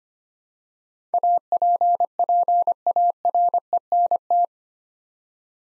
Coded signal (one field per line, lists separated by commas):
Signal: Morse code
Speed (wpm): 25 wpm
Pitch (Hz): 700 Hz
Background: none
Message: APPARENT